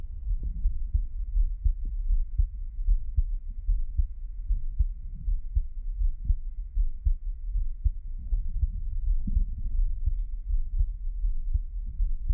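Soft low thumps repeating steadily at about 79 a minute: an adult heartbeat recorded up close.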